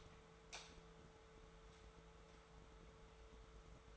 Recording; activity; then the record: daily activity, microphone in the room; light on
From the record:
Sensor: 3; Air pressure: 1014.6 hPa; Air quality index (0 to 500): 183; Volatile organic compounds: 19 ppm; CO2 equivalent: 2672 ppm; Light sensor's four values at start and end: 15/37/15/16 and 17/45/18/19